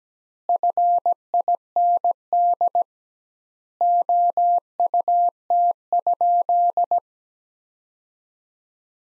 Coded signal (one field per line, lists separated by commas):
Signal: Morse code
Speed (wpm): 17 wpm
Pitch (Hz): 700 Hz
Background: none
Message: FIND OUT?